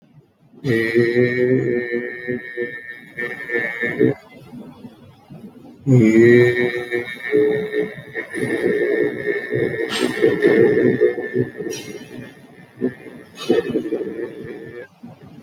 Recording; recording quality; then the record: sustained vowel as in made; moderate, slight background noise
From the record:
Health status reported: healthy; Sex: male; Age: 50 years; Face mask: not worn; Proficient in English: yes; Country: India